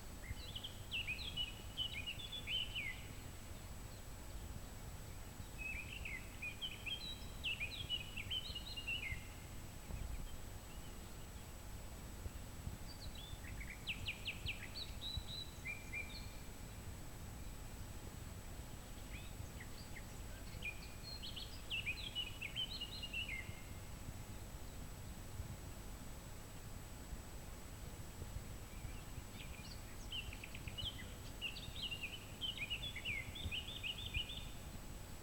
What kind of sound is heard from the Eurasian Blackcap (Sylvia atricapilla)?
song